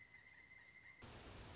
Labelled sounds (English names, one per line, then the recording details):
Pileated Woodpecker
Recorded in Sonoma County, California